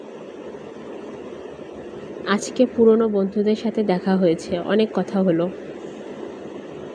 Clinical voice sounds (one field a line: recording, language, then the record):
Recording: elicited speech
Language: Bengali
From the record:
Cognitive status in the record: cognitively healthy